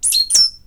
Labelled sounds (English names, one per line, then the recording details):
Stitchbird song
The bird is a male
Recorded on Tiritiri Matangi Island, New Zealand, in 2005
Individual 22, of nest box 31